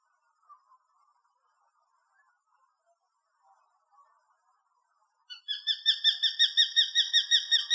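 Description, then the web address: Common kestrel: faint scattered ticks, then a sudden rapid string of shrill, repeated kee notes, continuing to the end. Uzbekistan. "Uzbek hayvonlar. Falco tinnunculus"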